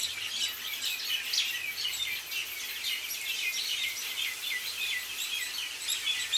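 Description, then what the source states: Many birds twittering together, a steady stream of high chirps and short whistled notes overlapping without pause. Countryside of Mauritius.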